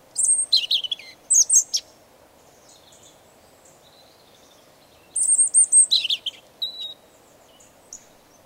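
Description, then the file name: European robin singing a few fast, high, tinkling phrases of thin trills and slurred notes, separated by pauses with a few soft notes between. "Erithacus rubecula"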